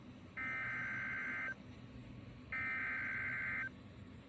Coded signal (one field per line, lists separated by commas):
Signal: Emergency Alert System (SAME) tones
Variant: header bursts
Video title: The Most Scuffed Enhanced Risk - EAS Alerts from 5/16/25 || EAS 1,782-1,798